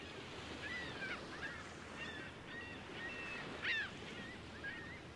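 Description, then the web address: Gulls giving thin mewing and squealing calls over a broad steady wash of noise, one louder cry near the end. Several seagulls, busy flock at Lake Ontario. "Big Room Sound Birds Seagulls Lake Ont Busy"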